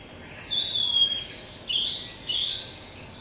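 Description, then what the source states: Blue-and-white Flycatcher song: three high, clear whistled phrases separated by brief pauses, over a steady low background hiss. Sings from the top of a tree so the song carries far, as a territorial declaration keeping other birds out.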